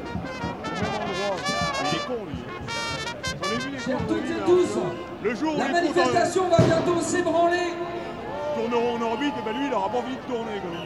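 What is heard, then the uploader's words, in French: Ambience at a street demonstration: many voices talk and call out at once, overlapping in a dense, continuous chatter. A few louder voices rise above the crowd, and a sustained tone holds from about four to seven seconds, with a short sharp knock near 6.5 seconds. Ambiance dans la manifestation du 22 mars à Paris by Radio Parleur.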